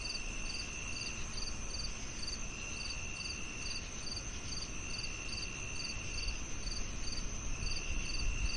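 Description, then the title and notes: Crickets chirping in rapid, repeated high bursts over a shrill trill, against a constant soft hiss of noise. Night soundscape with chirping crickets on a tranquil evening. "The stage is set with the rhythmic melody of chirping crickets, creating a serene backdrop that evokes the essence of a tranquil evening."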